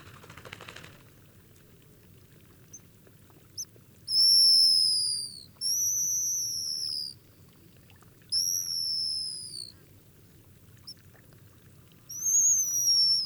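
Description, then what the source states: Pigeon guillemot calls: four thin, high, slightly descending whistles with pauses of varying length between them, the last one cut off. Recorded at Glacier Bay.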